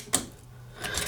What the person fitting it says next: And when you hear that click and it feels nice and tight, that's how you know it's in place securely.